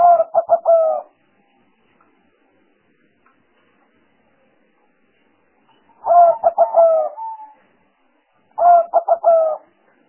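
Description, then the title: Spotted dove calls, three short phrases of rapid stuttering coos, with silent gaps between them. Lure sounds used for trapping. "Pikat Burung Tekukur"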